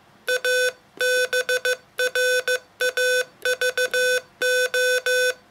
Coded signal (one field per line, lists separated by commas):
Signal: Morse code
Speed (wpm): 15 wpm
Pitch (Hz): 500 Hz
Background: none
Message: A BRAVO